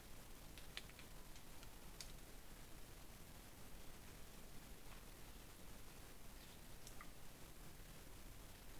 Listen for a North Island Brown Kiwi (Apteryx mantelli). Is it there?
no